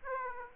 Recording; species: mosquito wingbeat signal from an infrared sensor; Aedes aegypti